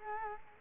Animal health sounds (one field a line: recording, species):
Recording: mosquito wingbeat signal from an infrared sensor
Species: Culex quinquefasciatus